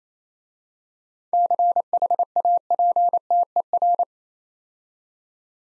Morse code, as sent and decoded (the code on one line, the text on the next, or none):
-.-. .... .- .--. - . .-.
CHAPTER